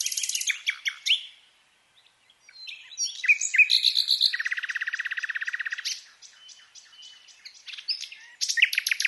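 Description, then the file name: Common nightingale song: varied phrases of sharp high notes and a brief pause, then a steady rapid trill of repeated chirps lasting about two seconds, followed by more varied notes. "Luscinia megarhynchos"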